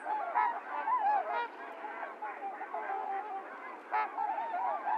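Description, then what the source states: Trumpeter swans honking together, bugling nasal notes tumbling over one another with brief louder bursts. Recorded 28 January 2022; low-cut filtered; several swans.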